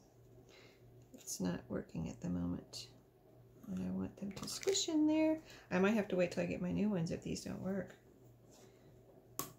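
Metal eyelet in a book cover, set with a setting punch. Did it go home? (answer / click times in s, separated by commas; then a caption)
yes / 9.4 s. A metal eyelet in a book cover is squeezed with a setting punch while someone talks. A single sharp click at 9.4 s marks the eyelet seating and setting successfully.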